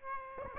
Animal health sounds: mosquito wingbeat signal from an infrared sensor; Aedes aegypti

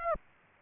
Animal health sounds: mosquito wingbeat signal from an infrared sensor; Aedes aegypti

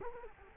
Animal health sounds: mosquito wingbeat signal from an infrared sensor; Culex quinquefasciatus

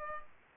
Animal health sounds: mosquito wingbeat signal from an infrared sensor; Culex pipiens

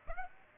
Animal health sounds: mosquito wingbeat signal from an infrared sensor; Aedes aegypti

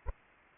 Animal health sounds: mosquito wingbeat signal from an infrared sensor; Anopheles arabiensis

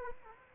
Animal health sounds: mosquito wingbeat signal from an infrared sensor; Aedes aegypti

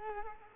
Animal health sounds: mosquito wingbeat signal from an infrared sensor; Culex quinquefasciatus

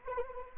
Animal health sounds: mosquito wingbeat signal from an infrared sensor; Anopheles arabiensis

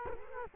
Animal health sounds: mosquito wingbeat signal from an infrared sensor; Culex quinquefasciatus

